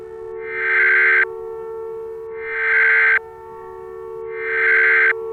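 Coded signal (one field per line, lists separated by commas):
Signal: Emergency Alert System (SAME) tones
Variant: header bursts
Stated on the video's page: Fictional disease outbreak scenario using valid tones.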